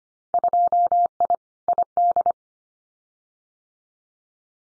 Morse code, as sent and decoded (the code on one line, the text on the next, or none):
..--- .. / .. -..
2I ID